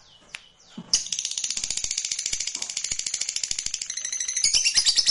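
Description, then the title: Lovebird trill: one sustained rapid rattling high trill of many pulses running for about four seconds after a few short chirps. Fighter lovebird giving ngekek panjang, a long trill. "Suara Lovebird FIGHTER NGEKEK PANJANG"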